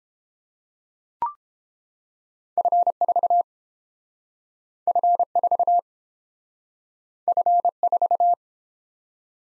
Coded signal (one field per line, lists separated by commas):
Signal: Morse code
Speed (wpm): 30 wpm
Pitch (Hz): 700 Hz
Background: none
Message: F4 F4 F4